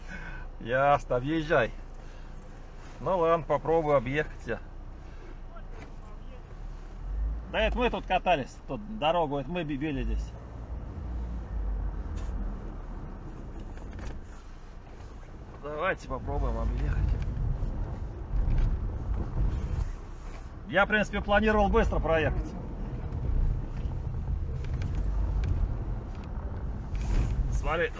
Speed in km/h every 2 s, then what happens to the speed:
0, 0, 0, 0, 0, 0, 0, 0, 2, 0, 0, 0, 0, 0.
0-28 standing.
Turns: none.